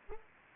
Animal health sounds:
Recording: mosquito wingbeat signal from an infrared sensor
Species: Anopheles arabiensis

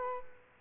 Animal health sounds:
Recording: mosquito wingbeat signal from an infrared sensor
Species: Culex quinquefasciatus

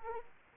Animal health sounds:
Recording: mosquito wingbeat signal from an infrared sensor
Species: Anopheles arabiensis

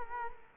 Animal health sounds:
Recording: mosquito wingbeat signal from an infrared sensor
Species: Culex quinquefasciatus

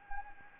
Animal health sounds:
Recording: mosquito wingbeat signal from an infrared sensor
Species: Anopheles gambiae

